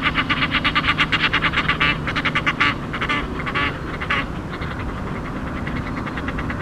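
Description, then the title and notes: Goose: geese calling in a flock, rapid overlapping nasal honks and cackles in quick bursts for about four seconds, then fading, over steady low wind rumble. Flock of geese gathering on a spring morning on the windy, flooded Rhine bank and meadows at Monheim, North Rhine-Westphalia, Germany. "monheim, rheinwiesen, gänse. ansammlung von gänsen an einem frühlingsmorgen am hochwasser tragenden, windigen rheinufer"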